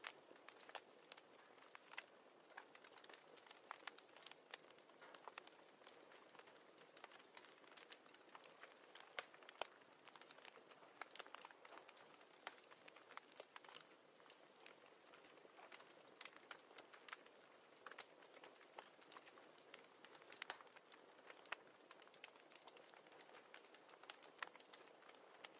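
Heavy rain hisses in a steady, dense wash that holds unchanged for the whole stretch. Sharp crackles and pops from a fire break through constantly and irregularly, a few louder snaps standing out near the middle and toward the end.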